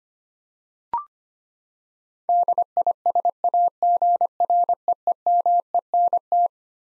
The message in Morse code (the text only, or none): DISAGREEMENT